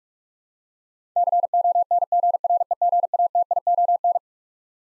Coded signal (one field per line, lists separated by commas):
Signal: Morse code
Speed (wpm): 41 wpm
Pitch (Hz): 700 Hz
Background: none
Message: CONGREGATION